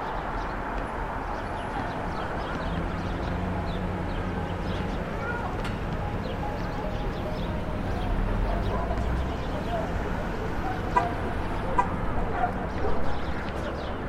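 Brooklyn rooftop ambience: a steady, dense city wash with low rumble, murmured voices, a dog, and a few sharp knocks near the end.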